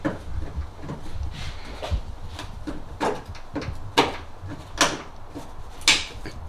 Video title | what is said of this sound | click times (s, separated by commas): How to Install Plug and Play Tacoma Bed Lights! Amazon link included! | there we go heard that nice satisfying snap in now it's in place | 5.9 s